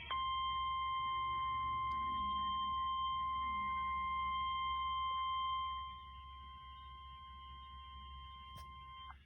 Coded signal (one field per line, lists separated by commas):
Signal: Emergency Alert System (SAME) tones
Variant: 1050 Hz attention tone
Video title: EAS Compilation #1 (7/27/22)